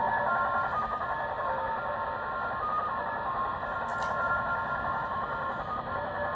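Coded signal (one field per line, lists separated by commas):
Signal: channel marker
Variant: Japanese slot machine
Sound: repeating melody of short beeping tones, like a slot machine, under radio hiss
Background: radio static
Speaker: 8588 it's there it's definitely not as strong as the Texan was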